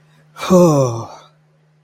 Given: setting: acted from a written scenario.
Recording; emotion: vocal sound without words; relief